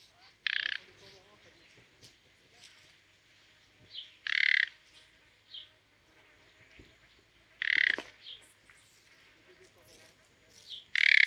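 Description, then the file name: Common nightingale song of loud buzzy bursts, repeated every few seconds, with fainter short notes between them. "Luscinia megarhynchos"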